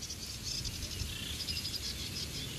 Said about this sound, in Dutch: Even nog hier luisteren naar onze buitenmicrofoon. Daar zat net heel driftig een rietzanger. Ja, daar in de verte horen we hem.